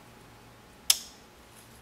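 A hardened old rubber valve cover gasket on a BMW 3 Series is pried out of the engine valve cover. A single sharp click at 0.9 s marks a brittle section breaking or popping free. The ring fades over a quiet background, leaving that piece released from the cover.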